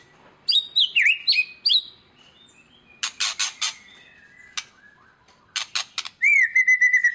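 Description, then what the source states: White-rumped shama song: bursts of looping whistles and buzzy clicks separated by quiet gaps, ending in a long steady whistled note with high ticking overtones. Song used as a lure to make other birds respond.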